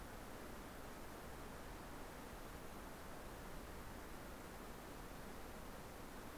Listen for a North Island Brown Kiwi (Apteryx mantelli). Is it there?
no